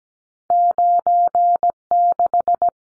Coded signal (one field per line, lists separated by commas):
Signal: Morse code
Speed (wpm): 17 wpm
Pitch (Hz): 700 Hz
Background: none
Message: 96